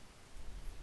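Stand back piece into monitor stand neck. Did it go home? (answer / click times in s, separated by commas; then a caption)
no / none. The plastic back piece of a BenQ XL2420T 24" 3D 120Hz LED 1080p monitor stand is handled at the stand neck, inserted from the top and pushed down so it can lock in with the release button and no tools. Only steady broadband rustling noise is heard, growing slightly louder with low rumble after about 0.4 s. Nothing has seated or clicked yet.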